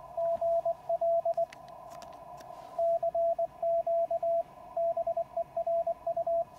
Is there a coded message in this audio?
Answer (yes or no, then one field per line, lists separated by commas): yes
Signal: Morse code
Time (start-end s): 0.2-6.4 s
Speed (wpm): 20 wpm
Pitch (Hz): 670 Hz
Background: radio noise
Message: GL CQ BERU